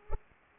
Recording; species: mosquito wingbeat signal from an infrared sensor; Culex pipiens